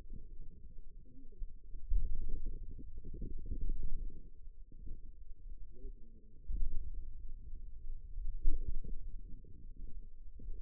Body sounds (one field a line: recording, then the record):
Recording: forearm muscle sounds (acoustic myography)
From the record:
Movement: pen grasping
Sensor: system 2, bracelet of six BSWA MPA416 microphones around the upper forearm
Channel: 3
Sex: female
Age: 21 years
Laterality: right